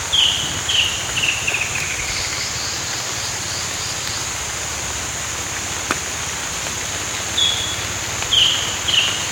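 Mangrove kingfisher calling, a series of sharp notes falling in pitch, heard at the start and again near the end, over a steady high insect-like hum.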